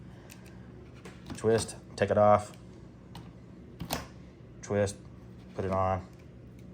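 A clip-on One Leaf Commander NV100 night vision unit is twisted off its scope adapter mount and then twisted back on. Someone talks, with a few short, faint handling taps and scrapes between the words. The unit has not yet seated on the adapter, and nothing has clicked into place yet.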